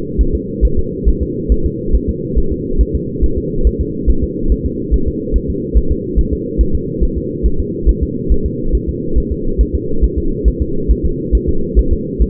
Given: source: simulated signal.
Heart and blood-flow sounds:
fetal heart sounds
0.21 s: S1
0.35 s: S2
0.65 s: S1
0.79 s: S2
1.08 s: S1
1.23 s: S2
1.52 s: S1
1.66 s: S2
1.95 s: S1
2.09 s: S2
2.38 s: S1
2.52 s: S2
2.81 s: S1
2.95 s: S2
3.24 s: S1
3.38 s: S2
3.67 s: S1
3.81 s: S2
4.10 s: S1
4.24 s: S2
4.52 s: S1
4.66 s: S2
4.94 s: S1
5.08 s: S2
5.36 s: S1
5.50 s: S2
5.77 s: S1
5.92 s: S2
6.19 s: S1
6.33 s: S2
6.61 s: S1
6.75 s: S2
7.03 s: S1
7.18 s: S2
7.46 s: S1
7.60 s: S2
7.89 s: S1
8.03 s: S2
8.32 s: S1
8.46 s: S2
8.75 s: S1
8.89 s: S2
9.18 s: S1
9.32 s: S2
9.61 s: S1
9.75 s: S2
10.04 s: S1
10.18 s: S2
10.48 s: S1
10.62 s: S2
10.91 s: S1
11.05 s: S2
11.35 s: S1
11.49 s: S2
11.79 s: S1
11.93 s: S2
12.22 s: S1
From the record:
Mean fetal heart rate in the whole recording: 140 bpm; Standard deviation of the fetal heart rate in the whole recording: 2 bpm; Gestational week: 34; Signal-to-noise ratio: -8.1 dB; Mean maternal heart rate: 72 bpm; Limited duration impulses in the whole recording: absent

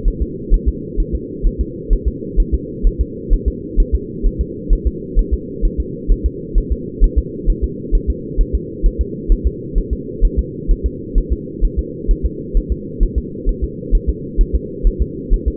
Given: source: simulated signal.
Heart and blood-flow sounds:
fetal heart sounds
0.08 s: S1
0.22 s: S2
0.54 s: S1
0.68 s: S2
1.00 s: S1
1.15 s: S2
1.47 s: S1
1.61 s: S2
1.93 s: S1
2.08 s: S2
2.40 s: S1
2.54 s: S2
2.87 s: S1
3.01 s: S2
3.34 s: S1
3.48 s: S2
3.80 s: S1
3.95 s: S2
4.27 s: S1
4.41 s: S2
4.73 s: S1
4.87 s: S2
5.19 s: S1
5.34 s: S2
5.65 s: S1
5.80 s: S2
6.12 s: S1
6.26 s: S2
6.58 s: S1
6.72 s: S2
7.04 s: S1
7.19 s: S2
7.50 s: S1
7.64 s: S2
7.95 s: S1
8.10 s: S2
8.41 s: S1
8.55 s: S2
8.86 s: S1
9.01 s: S2
9.32 s: S1
9.47 s: S2
9.78 s: S1
9.93 s: S2
10.25 s: S1
10.39 s: S2
10.71 s: S1
10.86 s: S2
11.18 s: S1
11.33 s: S2
11.65 s: S1
11.79 s: S2
12.11 s: S1
12.26 s: S2
12.57 s: S1
12.72 s: S2
13.03 s: S1
13.18 s: S2
13.49 s: S1
13.64 s: S2
13.95 s: S1
14.09 s: S2
14.41 s: S1
14.56 s: S2
14.87 s: S1
15.02 s: S2
15.34 s: S1
15.48 s: S2
From the record:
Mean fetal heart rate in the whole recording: 130 bpm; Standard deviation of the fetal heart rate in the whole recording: 2 bpm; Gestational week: 38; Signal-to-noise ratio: -4.1 dB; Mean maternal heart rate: no maternal heart sound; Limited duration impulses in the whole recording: absent

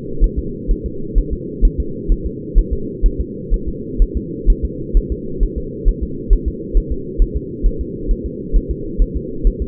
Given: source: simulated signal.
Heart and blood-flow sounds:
fetal heart sounds
0.24 s: S1
0.39 s: S2
0.71 s: S1
0.86 s: S2
1.18 s: S1
1.33 s: S2
1.65 s: S1
1.80 s: S2
2.12 s: S1
2.26 s: S2
2.58 s: S1
2.73 s: S2
3.06 s: S1
3.21 s: S2
3.54 s: S1
3.69 s: S2
4.02 s: S1
4.17 s: S2
4.50 s: S1
4.65 s: S2
4.97 s: S1
5.12 s: S2
5.43 s: S1
5.58 s: S2
5.88 s: S1
6.03 s: S2
6.33 s: S1
6.48 s: S2
6.77 s: S1
6.92 s: S2
7.22 s: S1
7.37 s: S2
7.66 s: S1
7.81 s: S2
8.11 s: S1
8.26 s: S2
8.56 s: S1
8.71 s: S2
9.02 s: S1
9.16 s: S2
9.47 s: S1
9.62 s: S2
From the record:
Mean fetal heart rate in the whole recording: 130 bpm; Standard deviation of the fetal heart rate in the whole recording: 4 bpm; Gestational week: 38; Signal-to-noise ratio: -4.3 dB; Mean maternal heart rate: 72 bpm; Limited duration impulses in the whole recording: present

